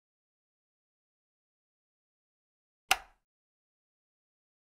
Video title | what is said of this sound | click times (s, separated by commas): Training Video: Overview of SphymoCor XCEL for Pulse Wave Analysis | and rotate clockwise to secure the connection an audible click will be heard when the connectors are secure | 2.9 s